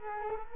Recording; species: mosquito wingbeat signal from an infrared sensor; Culex quinquefasciatus